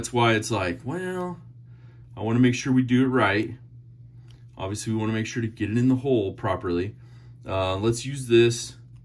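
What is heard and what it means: A glow lanyard-hole plug with dual tritium is being worked into the lanyard hole between the handle scales of a Benchmade Bugout folding knife, after butting against the barrel spacer, while someone talks throughout. Only a faint, brief tick is heard around 4.3 s beneath the speech. The plug has not seated or snapped into place yet.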